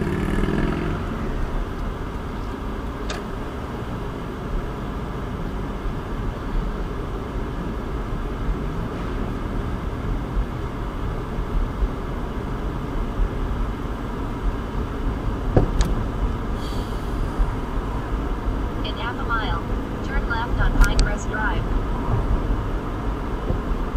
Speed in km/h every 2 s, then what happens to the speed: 10, 15, 21, 24, 27, 32, 35, 39, 40, 44, 45, 47.
0-24 speeds up to 47.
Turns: none.